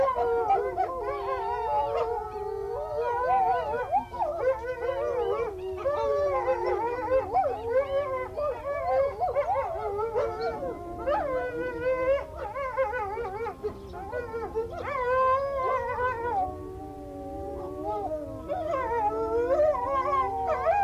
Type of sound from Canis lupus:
howling